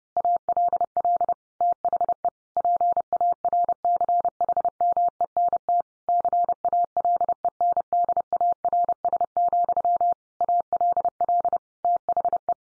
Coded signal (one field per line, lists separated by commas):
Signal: Morse code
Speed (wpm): 30 wpm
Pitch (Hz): 700 Hz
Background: none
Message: ALL THE PARCHMENT CALENDARS, ALL THE